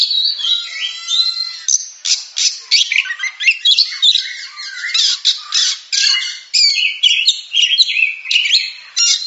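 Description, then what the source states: Oriental magpie-robin song, a dense, varied stream of clear whistled phrases mixed with harsh, scratchy notes and rapid chattering bursts, with only brief gaps. Champion-class songbird.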